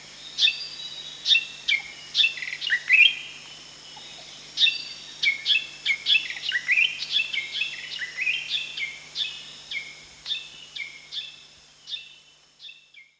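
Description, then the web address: Spotted fantail giving sharp, high chipping notes with short downward tails, delivered in quick irregular bursts, a brief pause near four seconds, then fading toward the end. Recorded at Danum on 1 July 2008. "DANUM 20080701. spotted fantail"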